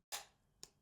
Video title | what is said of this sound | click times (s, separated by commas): SoundPEATS Air5 Lite Review. Hi-Res Audio for 35$! | the quality and the build of the box is also pretty interesting it's snaps into place in such a comfortable fashion that I just enjoy so | 0.6 s